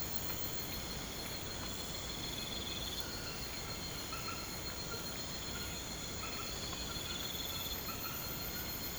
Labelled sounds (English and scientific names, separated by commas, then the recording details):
none
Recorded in pastures near Puerto Asís, Putumayo, Colombia, on 19 March 2025 at 03:00
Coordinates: 0.472, -76.329
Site G074